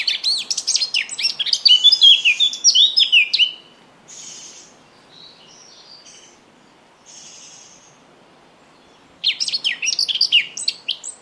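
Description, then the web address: Bird song: a dense twittering burst of high notes, then several soft, scattered calls during a quieter stretch, and a new rapid burst near the end. "cianscape. Deverinetal 2025. Bird Only"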